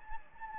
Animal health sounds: mosquito wingbeat signal from an infrared sensor; Anopheles gambiae

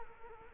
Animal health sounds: mosquito wingbeat signal from an infrared sensor; Culex quinquefasciatus

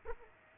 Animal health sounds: mosquito wingbeat signal from an infrared sensor; Aedes aegypti

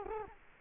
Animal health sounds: mosquito wingbeat signal from an infrared sensor; Culex quinquefasciatus

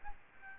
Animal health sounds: mosquito wingbeat signal from an infrared sensor; Aedes albopictus

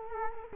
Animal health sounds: mosquito wingbeat signal from an infrared sensor; Culex quinquefasciatus

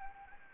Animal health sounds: mosquito wingbeat signal from an infrared sensor; Anopheles gambiae

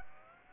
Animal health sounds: mosquito wingbeat signal from an infrared sensor; Aedes aegypti

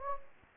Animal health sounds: mosquito wingbeat signal from an infrared sensor; Anopheles gambiae

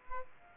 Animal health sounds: mosquito wingbeat signal from an infrared sensor; Aedes aegypti

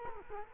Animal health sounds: mosquito wingbeat signal from an infrared sensor; Culex quinquefasciatus

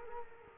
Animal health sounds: mosquito wingbeat signal from an infrared sensor; Culex quinquefasciatus

